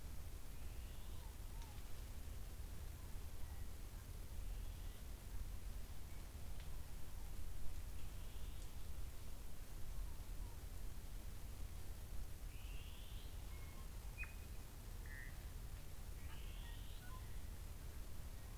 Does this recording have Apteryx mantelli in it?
no